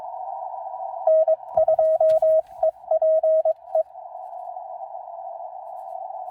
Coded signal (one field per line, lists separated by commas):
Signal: Morse code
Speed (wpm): 22 wpm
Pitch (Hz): 640 Hz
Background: none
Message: N2EPE